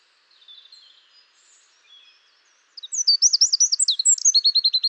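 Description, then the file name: Eurasian wren: soft thin notes at first, then an abrupt, loud, high song of sharp chips running into a fast, even trill. "Troglodytes troglodytes"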